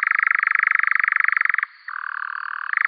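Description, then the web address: European nightjar churring: a continuous, rapid mechanical trill that breaks briefly, resumes at a lower pitch, then jumps back up near the end. "Caprimulgus europaeus"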